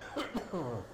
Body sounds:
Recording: coughing mixed with background sound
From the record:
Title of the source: Spring Allergy Coughing

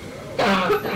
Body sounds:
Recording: coughing mixed with background sound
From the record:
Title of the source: Barking cough - # 10

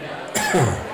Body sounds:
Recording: coughing mixed with background sound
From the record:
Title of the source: Mid-morning Winter Coughing Fit

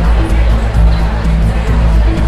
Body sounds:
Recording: background sound without coughing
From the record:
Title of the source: Party Noise 1 Hour Party Ambience

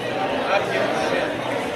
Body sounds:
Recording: background sound without coughing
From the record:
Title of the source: CITY SOUNDS Busy Bar in the Evening Night - 2 HOURS of Ambiance for Relaxation

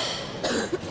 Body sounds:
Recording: coughing mixed with background sound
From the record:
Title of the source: 60 coughing still (deep and wet cough)

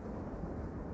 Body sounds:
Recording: background sound without coughing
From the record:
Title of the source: Train Ride Ambience ambient white noise for sleeping, focus, studying, reading

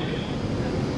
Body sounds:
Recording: coughing mixed with background sound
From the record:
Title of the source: Coughing Man Sound - Man Cough Sound Effect

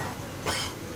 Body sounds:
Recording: coughing mixed with background sound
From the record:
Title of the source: Dry Coughing Fit in the Afternoon.

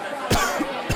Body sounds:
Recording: coughing mixed with background sound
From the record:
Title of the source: Coughing 51

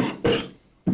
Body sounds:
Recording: coughing mixed with background sound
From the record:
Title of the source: Spring Cold Coughing 3

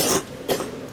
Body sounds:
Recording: coughing mixed with background sound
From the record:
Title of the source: 34 coughing up crap again

